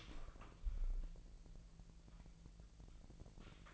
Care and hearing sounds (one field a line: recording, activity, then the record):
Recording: daily activity, microphone in the room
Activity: open door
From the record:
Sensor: 5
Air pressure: 1001.6 hPa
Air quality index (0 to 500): 248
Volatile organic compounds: 34 ppm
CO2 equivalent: 3041 ppm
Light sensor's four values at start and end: 39/90/36/35 and 39/90/36/36